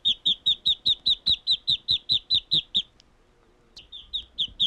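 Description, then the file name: Bird giving a loud, rapid series of sharp, high chirps, evenly spaced. A short silence follows, then a few more chirps. "Birds chirping and tweeting"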